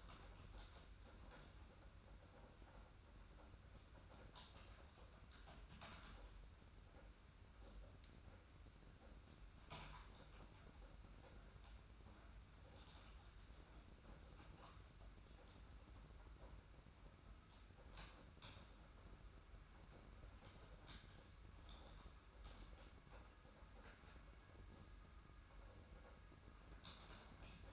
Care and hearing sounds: daily activity, microphone in the room; typing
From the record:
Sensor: 2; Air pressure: 991.6 hPa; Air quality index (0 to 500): 193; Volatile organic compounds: 1000 ppm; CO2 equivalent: 6348 ppm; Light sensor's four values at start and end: 27/84/33/31 and 27/84/33/31

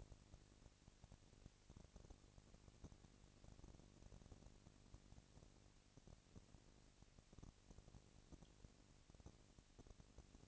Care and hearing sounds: daily activity, microphone in the room; no activity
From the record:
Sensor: 4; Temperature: 22.4 degrees Celsius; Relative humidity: 31.9%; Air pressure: 998.0 hPa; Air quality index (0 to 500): 203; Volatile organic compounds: 17 ppm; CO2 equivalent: 2570 ppm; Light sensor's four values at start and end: 2/3/1/1 and 2/3/1/1

